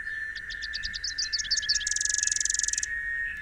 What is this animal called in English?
Rufous-capped Warbler